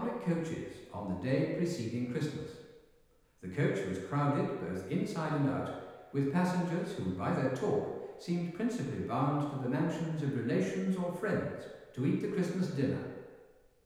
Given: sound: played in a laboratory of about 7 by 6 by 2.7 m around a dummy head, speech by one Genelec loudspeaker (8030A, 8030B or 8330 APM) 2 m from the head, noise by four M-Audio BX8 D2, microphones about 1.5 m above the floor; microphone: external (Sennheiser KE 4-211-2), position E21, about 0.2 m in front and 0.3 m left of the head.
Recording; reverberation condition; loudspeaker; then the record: male speech in English; high; behind (180 degrees)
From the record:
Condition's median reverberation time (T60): about 1300 ms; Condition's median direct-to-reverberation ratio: about -4.0 dB